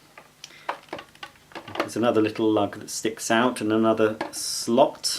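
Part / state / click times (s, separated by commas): dust container into vacuum body / not seated / none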